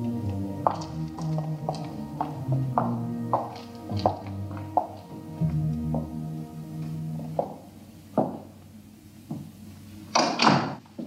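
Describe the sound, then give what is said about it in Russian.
An apartment door is opened, people go in, and the door closes amid a run of sharp clunks and knocks over a steady, low tonal hum, ending with a brief airy whoosh. “Он подходит к двери, открывает ее и, подойдя к Фросе, помогает встать.”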